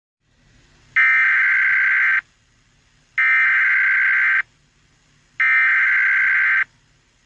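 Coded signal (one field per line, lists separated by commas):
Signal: Emergency Alert System (SAME) tones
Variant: header bursts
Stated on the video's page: Fictional EAS scenario made as an animation with FlipaClip.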